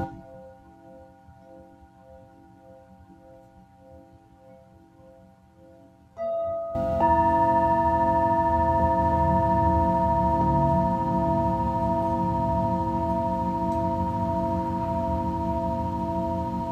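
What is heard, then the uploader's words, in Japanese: A Tibetan singing bowl hums softly with a steady, pulsing tone and a low drone for the first six seconds. Around six seconds it is struck again, and from about seven seconds the ring swells much louder and fuller, holding a bright sustained tone to the end. 夜のシンギングボウルのサウンドヒーリング。チベタンシンギングボウル。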